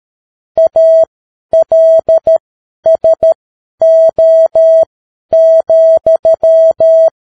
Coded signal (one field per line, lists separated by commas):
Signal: Morse code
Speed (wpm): 13 wpm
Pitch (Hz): 650 Hz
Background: none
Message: ALSO,